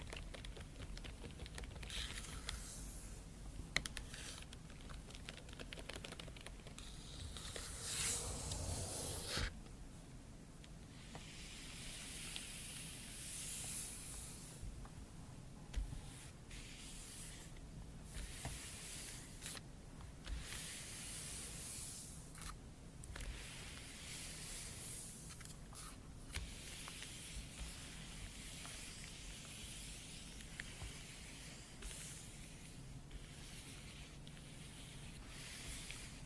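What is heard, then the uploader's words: Scratching and tapping sounds, a dense, crackly, hissing rasp made of rapid small strokes with scattered sharper taps. The first nine seconds are louder and busier; after a brief break the scratching goes on a little softer and steady, over a faint low hum. Scratching & Tapping ASMR.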